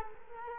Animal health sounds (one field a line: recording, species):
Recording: mosquito wingbeat signal from an infrared sensor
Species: Culex quinquefasciatus